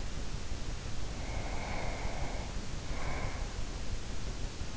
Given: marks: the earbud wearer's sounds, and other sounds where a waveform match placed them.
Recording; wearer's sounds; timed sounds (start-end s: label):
sounds in sleep by an in-ear microphone; breath
1.08-3.80 s: breath